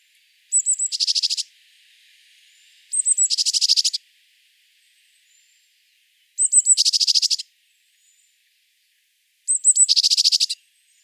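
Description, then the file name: Eurasian blue tit song: a few short high notes leading into a dense buzzy trill, phrase repeated four times a few seconds apart. "Cyanistes caeruleus"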